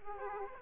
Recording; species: mosquito wingbeat signal from an infrared sensor; Aedes aegypti